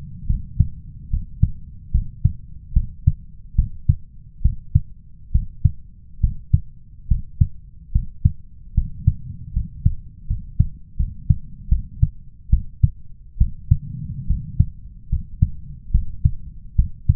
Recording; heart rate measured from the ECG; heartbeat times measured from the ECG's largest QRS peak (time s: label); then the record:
heart sounds by stethoscope; 73 bpm
0.26 s: heartbeat
1.10 s: heartbeat
1.91 s: heartbeat
2.73 s: heartbeat
3.55 s: heartbeat
4.41 s: heartbeat
5.31 s: heartbeat
6.20 s: heartbeat
7.07 s: heartbeat
7.92 s: heartbeat
8.74 s: heartbeat
9.53 s: heartbeat
10.27 s: heartbeat
10.96 s: heartbeat
11.68 s: heartbeat
12.49 s: heartbeat
13.37 s: heartbeat
14.26 s: heartbeat
15.09 s: heartbeat
15.91 s: heartbeat
16.75 s: heartbeat
From the record:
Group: healthy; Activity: rest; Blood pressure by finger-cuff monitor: 103/71 mmHg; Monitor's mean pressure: 79 mmHg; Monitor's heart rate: 72 bpm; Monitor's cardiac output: 5.3 L/min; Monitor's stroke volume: 74 mL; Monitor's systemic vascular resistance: 1090 dyn s/cm5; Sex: male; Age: 21 years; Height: 170 cm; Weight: 71 kg